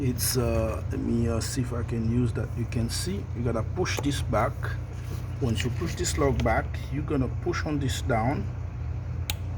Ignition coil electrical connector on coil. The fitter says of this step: you're gonna hit a click i don't know if you hear it once you hear it pull the screwdriver in here